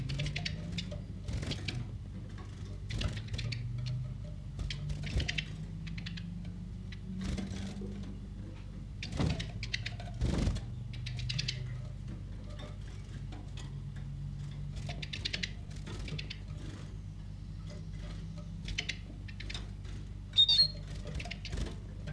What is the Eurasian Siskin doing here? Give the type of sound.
call